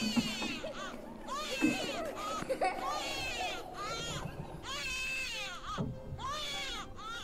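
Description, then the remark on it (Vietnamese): A child's voice wails and sobs in rising, arching cries at night somewhere in a house, breaking now and then into brief laugh-like bursts, sustained and fairly loud throughout. “Quả nhiên đúng là có tiếng trẻ con lúc cười lúc khóc văng vẳng đâu đây.”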